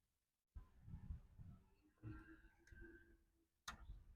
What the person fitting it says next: เสียงดังแก๊กนะครับะพอ